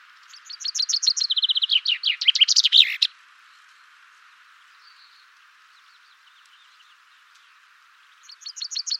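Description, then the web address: Common chaffinch song: a full strophe of rapid repeated notes falling in pitch, then louder phrases ending in a flourish, a long quiet pause, then the next song beginning. "Deverinetal"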